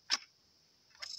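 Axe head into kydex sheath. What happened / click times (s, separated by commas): The blade is handled at the sheath but not yet seated / none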